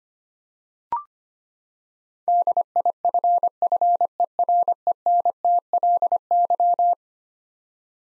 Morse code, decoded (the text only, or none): DIFFERENTLY